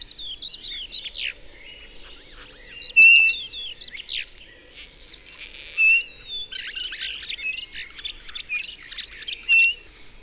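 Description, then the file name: Common starling song, a varied medley of sharp whistles, descending slurs, clicks and dense buzzy rattles, with a bright repeated whistled note recurring several times. "Szpak"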